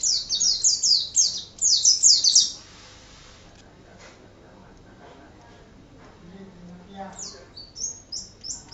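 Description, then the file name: White-eye song: a quick burst of high, sharp twittering notes, a long quiet pause, then a few softer high chips. Ngalas style song, described as excited song. "suara burung pleci ngalas omkicaudotcom"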